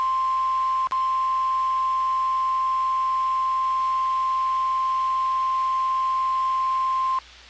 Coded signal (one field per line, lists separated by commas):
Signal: Emergency Alert System (SAME) tones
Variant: 1050 Hz attention tone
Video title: NOAA Weather Radio - Weekly EAS Test - 5/31/17